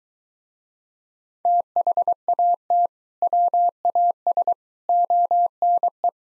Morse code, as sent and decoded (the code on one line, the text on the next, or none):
- .... .- - / .-- .- ... / --- -. .
THAT WAS ONE